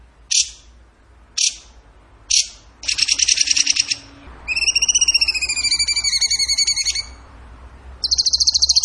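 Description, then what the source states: Bird song: three sharp snapping notes, then a buzzy trill, a long stretch of layered whistled notes and a final high rapid trill. Singing in gacor tembakan style, used as masteran to train other songbirds.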